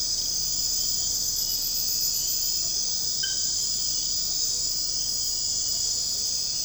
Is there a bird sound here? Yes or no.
no